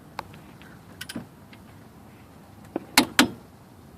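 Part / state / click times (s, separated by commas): caliper bracket bolt tightened into steering knuckle with click torque wrench / torque reached / 3.0 s, 3.2 s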